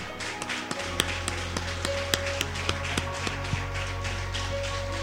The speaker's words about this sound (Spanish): Denle un aplauso al gran sacerdote en esta noche.